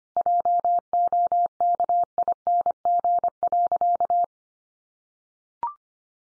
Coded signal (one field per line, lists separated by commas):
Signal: Morse code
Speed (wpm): 25 wpm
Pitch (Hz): 700 Hz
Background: none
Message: JOKING.